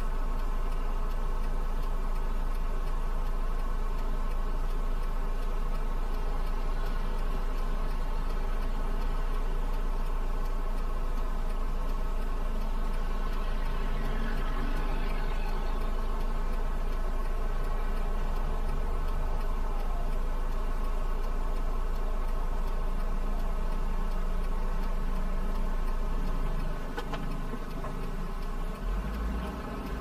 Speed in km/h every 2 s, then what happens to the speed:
0, 0, 0, 0, 0, 0, 0, 0, 0, 0, 0, 0, 0, 0, 0.
0-30 standing.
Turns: none.